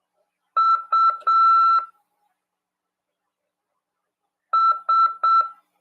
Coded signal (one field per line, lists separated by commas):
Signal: Morse code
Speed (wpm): 7 wpm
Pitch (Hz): 1340 Hz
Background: none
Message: US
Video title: RADIOAMADOR 1ªEd. 10/3/2023 "AULA 25 CW, LEGIS e C.RODADA" PY2EXU PAULO SP/SP CRASP FM 146.410 Mhz.